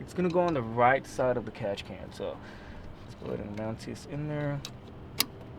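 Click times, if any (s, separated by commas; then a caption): 5.2 s. Someone talks while mounting the shorter driver-side hose's quick-connect fitting onto the right-side port of a UPR billet dual inlet breather tank catch can on an ESS supercharged Mustang GT. One loud, sharp click sounds at 5.2 s as the fitting seats, and hearing that click means the connection is good.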